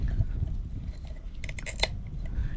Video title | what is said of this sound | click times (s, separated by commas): How to DOUBLE Your Sprinkler Coverage with a Maxi Paw Upgrade! | and click into face. | 1.8 s